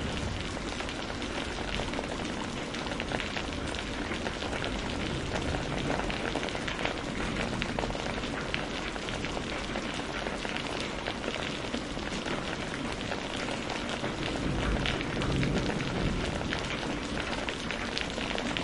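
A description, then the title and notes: A spring rainstorm pours down steadily, a dense, even hiss of drops on surfaces with a low rumble underneath and no pauses. Spring Rain Storm for Deep, Calming Sleep.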